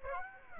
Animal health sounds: mosquito wingbeat signal from an infrared sensor; Aedes aegypti

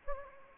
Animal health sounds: mosquito wingbeat signal from an infrared sensor; Anopheles gambiae

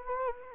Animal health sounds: mosquito wingbeat signal from an infrared sensor; Anopheles gambiae

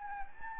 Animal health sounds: mosquito wingbeat signal from an infrared sensor; Anopheles gambiae

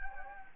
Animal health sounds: mosquito wingbeat signal from an infrared sensor; Anopheles gambiae

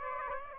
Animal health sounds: mosquito wingbeat signal from an infrared sensor; Aedes aegypti

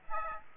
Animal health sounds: mosquito wingbeat signal from an infrared sensor; Aedes aegypti

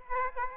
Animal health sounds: mosquito wingbeat signal from an infrared sensor; Aedes aegypti

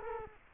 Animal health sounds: mosquito wingbeat signal from an infrared sensor; Culex quinquefasciatus

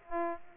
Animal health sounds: mosquito wingbeat signal from an infrared sensor; Aedes aegypti

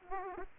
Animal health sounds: mosquito wingbeat signal from an infrared sensor; Aedes aegypti

